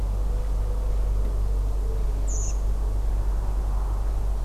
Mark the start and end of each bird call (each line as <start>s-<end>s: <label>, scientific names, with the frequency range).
2.27s-2.52s: Turdus iliacus (5.1-8.7 kHz)